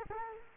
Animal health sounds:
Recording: mosquito wingbeat signal from an infrared sensor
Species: Culex quinquefasciatus

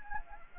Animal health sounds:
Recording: mosquito wingbeat signal from an infrared sensor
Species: Anopheles gambiae

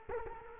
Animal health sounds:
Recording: mosquito wingbeat signal from an infrared sensor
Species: Culex quinquefasciatus

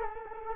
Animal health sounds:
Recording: mosquito wingbeat signal from an infrared sensor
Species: Culex quinquefasciatus

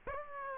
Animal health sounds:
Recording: mosquito wingbeat signal from an infrared sensor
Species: Aedes aegypti

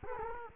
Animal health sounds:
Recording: mosquito wingbeat signal from an infrared sensor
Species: Culex quinquefasciatus

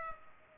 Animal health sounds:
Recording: mosquito wingbeat signal from an infrared sensor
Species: Culex pipiens

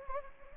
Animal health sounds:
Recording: mosquito wingbeat signal from an infrared sensor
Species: Anopheles gambiae

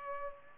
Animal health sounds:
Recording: mosquito wingbeat signal from an infrared sensor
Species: Culex pipiens

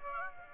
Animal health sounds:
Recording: mosquito wingbeat signal from an infrared sensor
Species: Aedes aegypti

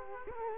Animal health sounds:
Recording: mosquito wingbeat signal from an infrared sensor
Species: Culex quinquefasciatus

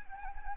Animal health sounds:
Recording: mosquito wingbeat signal from an infrared sensor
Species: Anopheles arabiensis

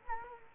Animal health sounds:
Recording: mosquito wingbeat signal from an infrared sensor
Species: Culex quinquefasciatus

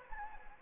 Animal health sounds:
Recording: mosquito wingbeat signal from an infrared sensor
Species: Anopheles gambiae

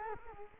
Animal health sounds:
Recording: mosquito wingbeat signal from an infrared sensor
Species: Culex quinquefasciatus

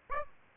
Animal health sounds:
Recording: mosquito wingbeat signal from an infrared sensor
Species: Aedes aegypti

